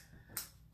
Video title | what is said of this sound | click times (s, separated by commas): Andis: Clipper Cutting Tutorial - The New Era of Barbering with Rodrick Samuels | So I'm gonna lock that on. Again, heard the click. | 0.4 s